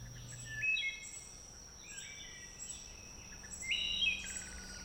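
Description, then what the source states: Wood thrush song, several flute-like phrases, loudest near the first and fourth seconds, over a steady high drone and background hiss. Several wood thrushes singing in woods; song considered flute-like and musical, produced by a voice box divided into two parts.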